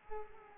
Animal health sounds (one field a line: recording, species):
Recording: mosquito wingbeat signal from an infrared sensor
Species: Culex pipiens